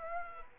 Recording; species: mosquito wingbeat signal from an infrared sensor; Aedes aegypti